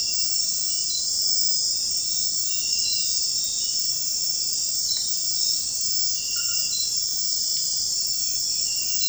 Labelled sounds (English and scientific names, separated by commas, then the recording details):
none
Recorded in secondary vegetation near Puerto Asís, Putumayo, Colombia, on 4 March 2025 at 03:30
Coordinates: 0.484, -76.319
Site G010